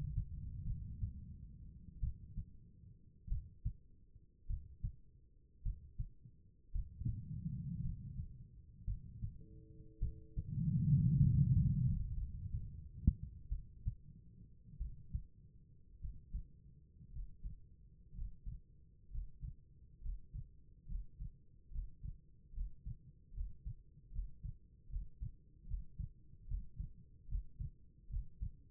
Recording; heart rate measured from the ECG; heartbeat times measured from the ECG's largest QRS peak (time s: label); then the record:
heart sounds by stethoscope; 59 bpm
0.64 s: heartbeat
2.00 s: heartbeat
3.28 s: heartbeat
4.47 s: heartbeat
5.63 s: heartbeat
6.72 s: heartbeat
7.82 s: heartbeat
8.85 s: heartbeat
9.99 s: heartbeat
11.18 s: heartbeat
12.14 s: heartbeat
13.48 s: heartbeat
14.77 s: heartbeat
16.00 s: heartbeat
17.11 s: heartbeat
18.13 s: heartbeat
19.09 s: heartbeat
20.00 s: heartbeat
20.86 s: heartbeat
21.70 s: heartbeat
22.52 s: heartbeat
23.32 s: heartbeat
24.11 s: heartbeat
24.88 s: heartbeat
25.66 s: heartbeat
26.46 s: heartbeat
27.27 s: heartbeat
28.09 s: heartbeat
From the record:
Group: healthy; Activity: rest 0-12 s, breath hold 12-29 s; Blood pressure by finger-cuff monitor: 97/57 mmHg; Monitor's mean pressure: 69 mmHg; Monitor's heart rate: 54 bpm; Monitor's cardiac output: 4.6 L/min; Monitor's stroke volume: 85 mL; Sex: female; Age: 36 years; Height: 163 cm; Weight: 88 kg